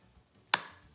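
The plastic funnel lid on a saliva collection tube is pressed firmly closed, and one loud, sharp click sounds at 0.5 s, followed by a brief fading tail over a quiet background. The lid has seated and clicked shut, which releases the stabilizing liquid into the tube.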